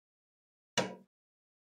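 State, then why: Seated. A screw turned counterclockwise in a hole in the plastic housing of an NEC MultiSync JC1401P3E monitor drops into its existing thread with a single sharp click at 0.8 s, ringing out briefly within about 0.3 s amid otherwise silence. The screw has seated in its old thread, so it can be tightened clockwise with little resistance instead of cutting a new thread in the brittle plastic.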